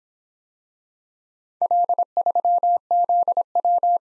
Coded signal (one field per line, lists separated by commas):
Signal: Morse code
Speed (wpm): 26 wpm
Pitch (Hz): 700 Hz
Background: none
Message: L3ZW